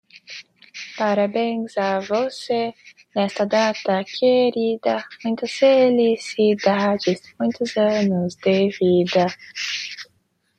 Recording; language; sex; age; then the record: short text; Brazilian Portuguese; male; 50 to 59 years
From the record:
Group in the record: control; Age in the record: 54 years